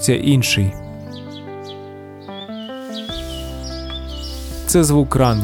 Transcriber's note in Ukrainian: ЗВУК: ранковий двір — птахи, легкий вітер